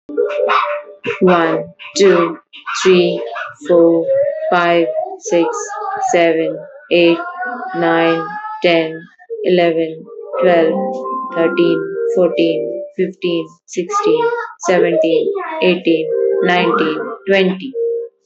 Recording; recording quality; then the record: counting at a normal pace; excellent, no background noise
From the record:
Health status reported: healthy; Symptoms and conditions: diabetes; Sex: female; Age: 40 years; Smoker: not ticked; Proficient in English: yes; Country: India